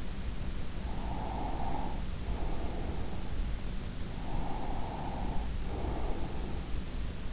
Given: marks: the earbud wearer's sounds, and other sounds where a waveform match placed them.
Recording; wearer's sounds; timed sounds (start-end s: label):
sounds in sleep by an in-ear microphone; breath
0.87-3.31 s: breath
4.12-6.81 s: breath